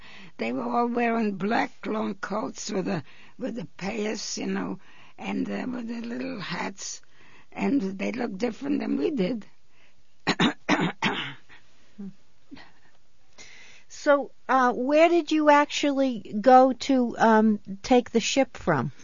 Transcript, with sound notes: They were all wearing black long coats with a, with the peyes you know, and they wore their little hats. And they looked different than we did. (she clears her throat)
So, where did you actually go to take the ship from?